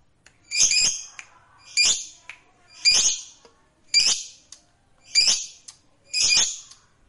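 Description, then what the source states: Lovebird giving six harsh, squeaky chirps, evenly spaced about a second apart, with faint soft sounds between them. Fighter-type lovebird.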